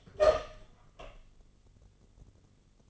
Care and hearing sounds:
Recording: daily activity, microphone in the room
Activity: open door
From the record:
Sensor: 4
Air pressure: 1016.1 hPa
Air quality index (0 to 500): 211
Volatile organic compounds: 13 ppm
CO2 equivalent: 2409 ppm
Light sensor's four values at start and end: 9/20/8/7 and 9/20/8/7

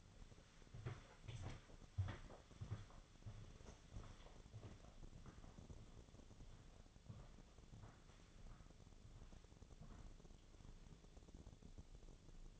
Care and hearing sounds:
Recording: daily activity, microphone in the room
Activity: walk to room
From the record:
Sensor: 4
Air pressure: 1000.8 hPa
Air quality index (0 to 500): 123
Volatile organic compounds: 1 ppm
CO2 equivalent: 927 ppm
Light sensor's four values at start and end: 43/106/44/49 and 44/109/46/50

